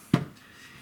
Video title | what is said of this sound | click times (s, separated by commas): HellBoy .177 CO2 BB Tactical Air Rifle | and then slide it so it locks into place then you're good to go | 0.1 s